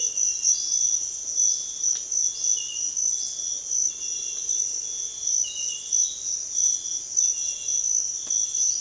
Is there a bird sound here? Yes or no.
yes